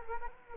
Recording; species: mosquito wingbeat signal from an infrared sensor; Culex quinquefasciatus